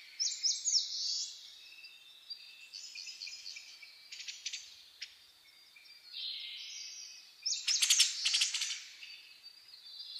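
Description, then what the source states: Bird song in a dawn chorus, with high chirps, rapid trills and buzzy phrases from more than one bird, coming in bursts with quieter gaps. Dawn chorus recorded 10 May 2010.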